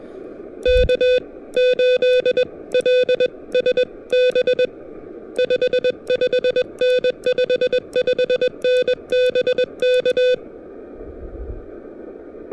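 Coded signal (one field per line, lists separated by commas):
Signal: Morse code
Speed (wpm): 21 wpm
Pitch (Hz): 500 Hz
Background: music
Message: K8LSB 55N 55N BK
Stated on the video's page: POTA activation with an Elecraft KH1 and a Bamako TP-III key, through patchy propagation.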